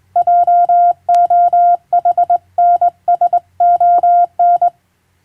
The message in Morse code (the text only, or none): JOHNSON